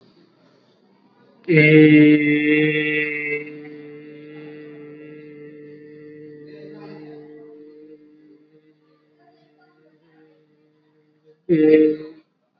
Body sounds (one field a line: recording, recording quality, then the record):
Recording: sustained vowel as in made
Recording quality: excellent, no background noise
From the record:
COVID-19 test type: RT-PCR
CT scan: not taken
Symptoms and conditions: cough, fatigue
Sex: male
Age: 30 years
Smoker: no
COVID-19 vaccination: both doses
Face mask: worn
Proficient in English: yes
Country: India